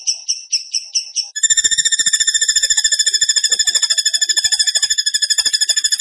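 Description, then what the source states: Bird song: a few separate buzzy notes, then a long, fast, even trill of high, ringing, metallic notes that runs on steadily. Bird song in the tembakan gacor style, used as masteran (training for other birds).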